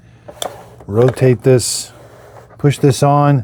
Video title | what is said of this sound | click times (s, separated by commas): Don't Neglect This: X11 Pro Omni Maintenance Checklist! | There is a flat spot, line up the flat spots, push it on, click. | 0.4 s